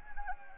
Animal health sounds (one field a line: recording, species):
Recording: mosquito wingbeat signal from an infrared sensor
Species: Anopheles arabiensis